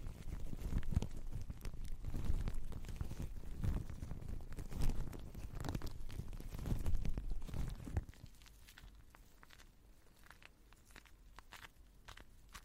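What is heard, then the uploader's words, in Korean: Shaving foam is squished and slapped in dense, wet, muffled pats until about eight seconds, then softer, sparser squelches follow. 거친듯 부드러운듯 쉐이빙폼 치덕치덕. 마이크 괴롭히기. Shaving foam sound. Zoom H6, 에이포트 핀마이크 AP211.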